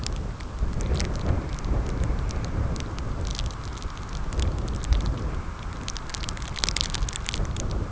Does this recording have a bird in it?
no